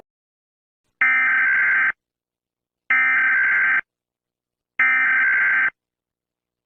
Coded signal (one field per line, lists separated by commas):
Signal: Emergency Alert System (SAME) tones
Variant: header bursts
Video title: Eas